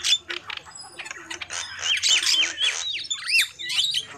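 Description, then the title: Lovebird chatter with shrill squeaks and rapid whistled notes that swoop up and down. Lovebird calls used as a lure for trapping birds. "PIKAT BURUNG LOVEBIRD"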